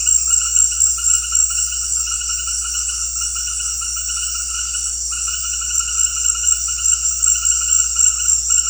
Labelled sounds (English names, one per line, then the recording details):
none
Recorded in secondary vegetation near Puerto Asís, Putumayo, Colombia, on 4 March 2025 at 18:30
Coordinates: 0.484, -76.319
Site G010